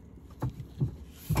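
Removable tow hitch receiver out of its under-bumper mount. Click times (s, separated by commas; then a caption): 0.3 s, 0.4 s. A release lever on a removable stainless steel tow hitch receiver under the bumper of a Tesla Model 3 is turned all the way, clicking at 0.3 s and 0.4 s. The receiver then drops out of its mount, and louder low thumps follow near 0.8 s and 1.3–1.4 s.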